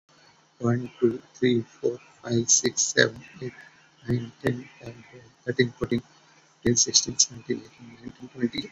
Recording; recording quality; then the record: counting at a normal pace; excellent, no background noise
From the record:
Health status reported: COVID-19 positive, moderate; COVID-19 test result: positive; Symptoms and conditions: cough, breathing difficulty, sore throat, fever, fatigue, muscle pain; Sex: male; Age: 43 years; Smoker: not ticked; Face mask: not worn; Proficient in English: yes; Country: India